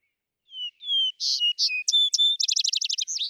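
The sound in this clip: Vesper sparrow song: two clear, drawn-out whistles, a few higher notes, then a lively run of quick, repeated slurred notes.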